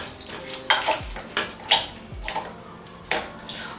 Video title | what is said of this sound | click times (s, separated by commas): I Got a Mini Washing Machine (small apartment) Assembly & Review | Ooh, yes! That snapped right into place. | 3.1 s